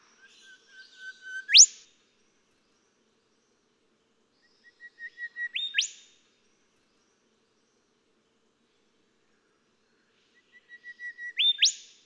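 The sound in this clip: Golden whistler song: a series of steady whistled notes swelling in loudness, ending in a sharp upward whip-crack, repeated three times about every four to six seconds.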